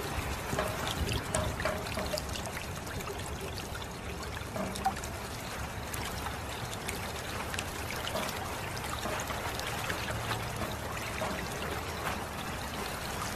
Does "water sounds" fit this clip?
yes